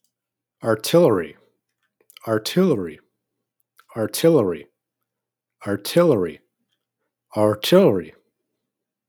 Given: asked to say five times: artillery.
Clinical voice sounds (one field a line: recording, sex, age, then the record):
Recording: repeated word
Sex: male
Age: 20 to 29 years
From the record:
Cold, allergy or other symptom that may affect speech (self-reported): no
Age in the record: 20 years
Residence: Arizona, United States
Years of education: 15